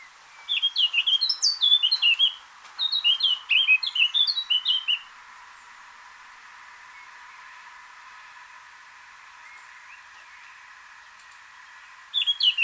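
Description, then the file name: Eurasian blackcap song: two rapid, varied phrases of bright warbled notes, then a long quiet stretch of steady hiss before another phrase begins at the very end. "Sylvia atricapilla"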